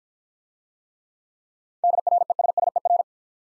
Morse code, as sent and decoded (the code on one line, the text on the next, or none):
-.. .-. . ... ... . .-.
DRESSER